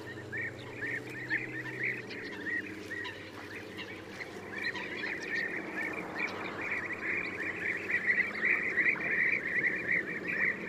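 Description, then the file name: European bee-eater flock, soft rolling calls at first over a low drone, then a louder, busier chorus building toward the end. "gyurgyalag"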